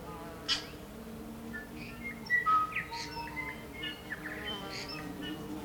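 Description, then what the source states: Tui song with clear whistled notes, quick clicks and soft wheezy rasps, scattered throughout against steady low background noise. Morning chorus of tui, New Zealand native birds.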